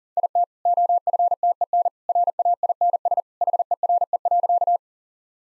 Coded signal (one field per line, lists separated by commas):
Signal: Morse code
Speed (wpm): 40 wpm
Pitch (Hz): 700 Hz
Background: none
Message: IT OFTEN RAINS HERE.